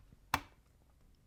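A paper tray cassette is pushed into the front slot of a Canon Selphy CP1500 compact photo printer until its two prongs catch. A single loud, sharp click sounds at 0.3 s as the tray seats in place, followed by quiet background.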